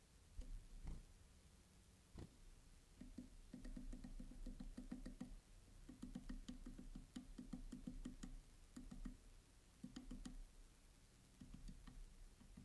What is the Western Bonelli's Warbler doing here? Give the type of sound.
begging call